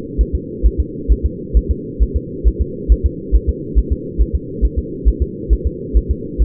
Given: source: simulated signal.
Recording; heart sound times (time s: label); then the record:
fetal heart sounds
0.21 s: S1
0.35 s: S2
0.66 s: S1
0.80 s: S2
1.12 s: S1
1.26 s: S2
1.57 s: S1
1.71 s: S2
2.03 s: S1
2.16 s: S2
2.47 s: S1
2.61 s: S2
2.92 s: S1
3.06 s: S2
3.35 s: S1
3.49 s: S2
3.78 s: S1
3.92 s: S2
4.21 s: S1
4.35 s: S2
4.65 s: S1
4.78 s: S2
5.08 s: S1
5.22 s: S2
5.53 s: S1
5.67 s: S2
5.97 s: S1
6.11 s: S2
6.42 s: S1
From the record:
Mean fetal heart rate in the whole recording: 135 bpm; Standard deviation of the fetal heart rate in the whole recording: 3 bpm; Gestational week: 34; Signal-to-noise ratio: -4.1 dB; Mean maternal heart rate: no maternal heart sound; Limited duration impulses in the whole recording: absent